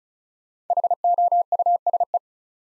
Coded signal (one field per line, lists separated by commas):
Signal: Morse code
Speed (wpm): 36 wpm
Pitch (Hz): 700 Hz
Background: none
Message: HOUSE